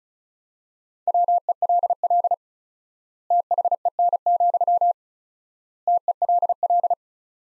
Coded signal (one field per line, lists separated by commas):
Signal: Morse code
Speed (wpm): 34 wpm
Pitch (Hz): 700 Hz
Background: none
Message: WELL THEN, TELL